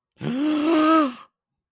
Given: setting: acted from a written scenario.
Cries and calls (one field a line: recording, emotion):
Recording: vocal sound without words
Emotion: embarrassment